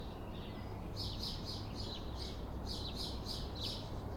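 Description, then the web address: Sparrows give rapid, evenly spaced chirps in two bursts, bright and clipped, against a continuous low traffic drone. Sparrows on a town street on a calm afternoon, with traffic. "Systematic-Sound - General Ambience Series – Towns Villages 01 AMB TOWN Street Calm Afternoon Sparrows Traffic"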